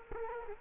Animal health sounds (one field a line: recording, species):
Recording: mosquito wingbeat signal from an infrared sensor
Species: Culex quinquefasciatus